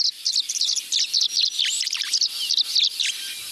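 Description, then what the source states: Tree Swallow twittering, dense bright chirps and short liquid notes tumbling over one another without pause. Swallows in June sunlight, gathering near nest boxes clustered on posts at the edge of a marsh, in flight.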